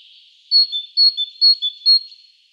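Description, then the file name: Great tit song of ringing high-low whistled pairs, four phrases at an even pace, then falling quiet. "Parus major"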